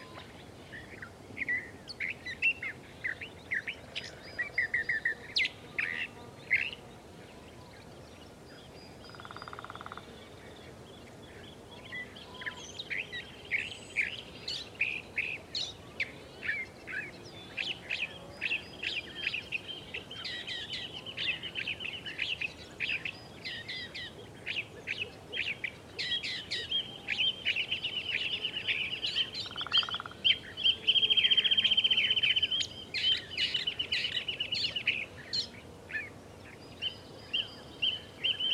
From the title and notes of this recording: The Blue Oaks of Sequoia. The blue oak woodlands in Sequoia National Park in California. A multitude of creatures, great and small, amid the sonic grandeur of nature.